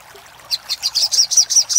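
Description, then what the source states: Little spiderhunter song: high chips starting after a short silence, growing louder. For training cage birds.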